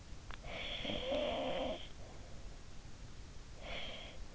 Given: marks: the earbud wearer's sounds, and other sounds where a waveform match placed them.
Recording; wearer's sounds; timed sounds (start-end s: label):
sounds in sleep by an in-ear microphone; snoring breath, breath
0.06-2.51 s: snoring breath
3.46-4.27 s: breath